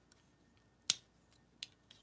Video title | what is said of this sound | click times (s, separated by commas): eBay seller thrift haul. Live from Dave’s big mess | Oh, there's a little clicker over here to click it out, | 0.9 s